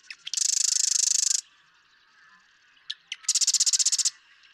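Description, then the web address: Marsh Wren, a long mechanical rattling trill, a pause with faint chatter, then clicks and another rapid pulsed rattle. "birdsongforthecurious Marsh Wren"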